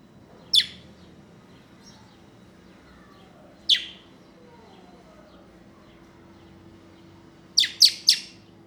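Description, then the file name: Common blackbird calls: sharp, high chips, one at a time about three seconds apart, then a quick burst of three, over a low steady hum. "Turdus merula"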